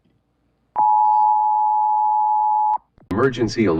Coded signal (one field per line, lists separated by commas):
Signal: Emergency Alert System (SAME) tones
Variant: 853 and 960 Hz attention tone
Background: speech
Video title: EAS SCENARIO - Falling Apart